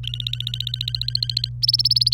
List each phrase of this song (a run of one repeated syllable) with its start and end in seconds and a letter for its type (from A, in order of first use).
0.03-1.49 A, 1.62-2.14 B